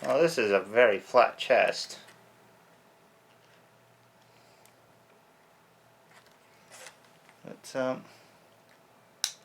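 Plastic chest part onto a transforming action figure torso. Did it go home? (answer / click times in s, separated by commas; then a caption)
yes / 9.2 s. Someone talks, then soft plastic handling sounds follow as a custom plastic chest piece is pressed onto the torso of a transforming robot action figure. One sharp snap is heard at 9.2 s as the chest piece seats into place.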